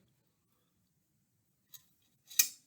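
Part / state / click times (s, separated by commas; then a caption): ball and plunger into spring projectile launcher / seated / 2.4 s. A ball and plunger are pushed further into a spring projectile launcher until the catch engages its second position. After a faint tick at about 1.7 s, a sharp, bright click at 2.4 s marks the spring catching on its second click. The plunger is seated.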